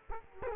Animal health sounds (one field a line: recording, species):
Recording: mosquito wingbeat signal from an infrared sensor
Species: Culex quinquefasciatus